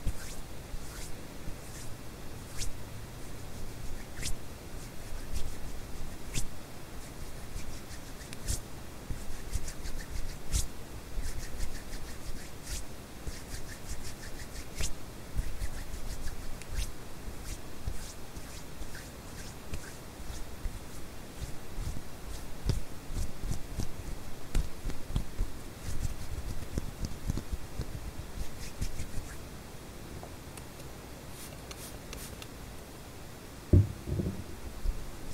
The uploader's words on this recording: HAND SOUNDS ASMR NO TALKING, WHITE NOISE FOR SLEEPING, HAND SOUNDS WITH WHITE NOISE.